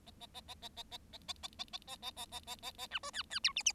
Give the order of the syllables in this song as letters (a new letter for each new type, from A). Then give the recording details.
A A A A A A A A A A A A A A A A A A A B C D D E F F. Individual Bird7